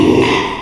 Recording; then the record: squeal of a Yucatan mini pig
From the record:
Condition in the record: after surgery on the right vocal fold (resection and tissue-engineered implant); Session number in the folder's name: 1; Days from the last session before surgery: 6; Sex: male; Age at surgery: 12 weeks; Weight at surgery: 13 kg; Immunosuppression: cyclosporine, prednisolone